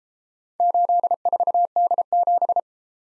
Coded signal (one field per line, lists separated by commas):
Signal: Morse code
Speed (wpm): 32 wpm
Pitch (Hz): 700 Hz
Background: none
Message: 84D7